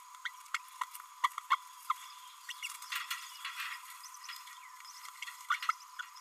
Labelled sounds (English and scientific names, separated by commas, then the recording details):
Green-rumped Parrotlet (Forpus passerinus) babbling
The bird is a male
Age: 29 days
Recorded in a nest box in Venezuela
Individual 17B32A6